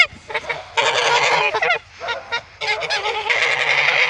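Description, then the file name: Goose: geese honking in a noisy chorus, harsh nasal calls overlapping in bursts with brief pauses between them. "Odglosy zwierzat gesi"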